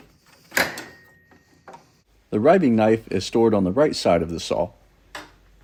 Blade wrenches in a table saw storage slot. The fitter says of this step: they lock into place and to release simply push the button and lift up to pull the wrenches out